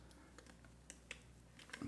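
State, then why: Seated. The right-side port of a sleep apnea (CPAP) mask is pressed down into its port socket on the headgear. Small light clicks sound over low background noise, with a sharp click at 0.9 s and another at 1.1 s as the port snaps in and seats.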